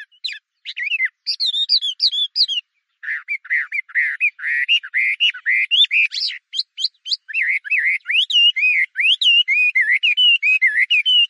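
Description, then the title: Chinese hwamei giving rich whistled song, with descending slurred notes, a brief gap, then long strings of looping, repeated whistles at a quick pace. "画眉鸟的叫声"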